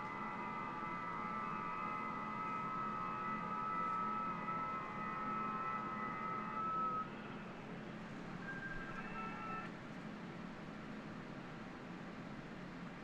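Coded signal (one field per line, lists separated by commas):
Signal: FT8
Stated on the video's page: FT8 at QRP on 20 and 40 meters.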